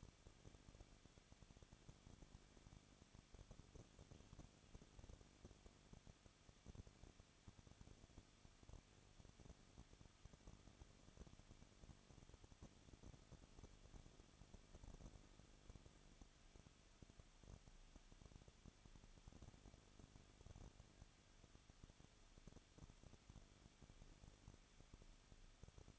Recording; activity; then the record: daily activity, microphone in the room; no activity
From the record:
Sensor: 4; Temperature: 23.1 degrees Celsius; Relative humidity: 34.4%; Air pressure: 1007.2 hPa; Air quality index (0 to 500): 213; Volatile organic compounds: 14 ppm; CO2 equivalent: 2457 ppm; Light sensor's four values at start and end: 2/3/1/1 and 2/3/1/1